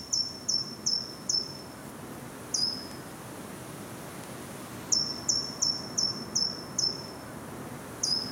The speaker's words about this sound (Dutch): Zo noemt Liz Stolp de boomkruiper die zij in de avondschemering hoort ergens tussen Wassenaar en Valkenburg.